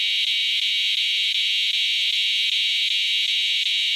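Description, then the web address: Northern dusk-singing cicada singing a loud, steady, shrill buzz, unbroken throughout. "The Songs of Insects. Northern Dusk-singing Cicada"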